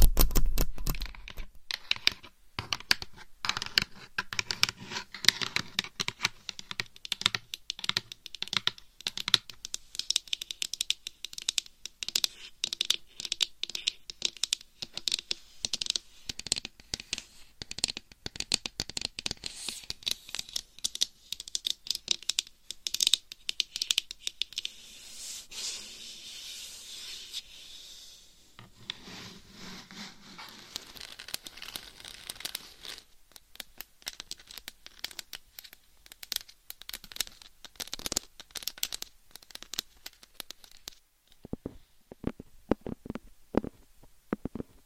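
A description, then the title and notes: Crisp scratching and rapid tapping run through the whole clip in dense, uneven bursts, bright and hissy on top. The pace is busiest early, then thins into sparser, softer taps and rubbing, with a brief low thud-like patch near the thirty-second mark. Changing Triggers Every 30 Seconds Scratching , Tapping , Massage & More No Talking.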